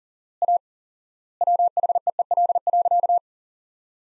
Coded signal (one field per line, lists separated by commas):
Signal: Morse code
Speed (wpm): 40 wpm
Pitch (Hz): 700 Hz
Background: none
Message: A WHEEL.